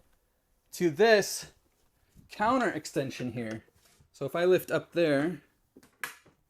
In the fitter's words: clicks into place